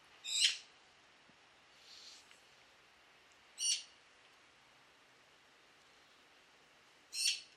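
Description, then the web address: Bird calls: short, sharp, very high notes, four brief calls spaced irregularly over several seconds against a quiet background. "Deverinetal 2025 File origin Bird Only"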